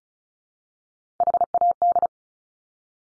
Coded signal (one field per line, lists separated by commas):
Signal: Morse code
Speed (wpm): 36 wpm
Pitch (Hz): 700 Hz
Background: none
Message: HAD